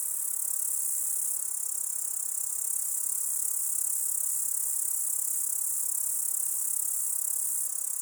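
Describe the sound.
Grasshopper's steady, hissing, high buzz continuing evenly across the whole stretch, unbroken.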